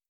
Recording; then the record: hydrophone in a shrimp aquaculture tank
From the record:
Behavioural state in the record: starved